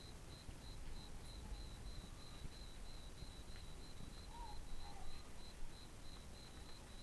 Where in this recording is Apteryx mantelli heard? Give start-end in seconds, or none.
none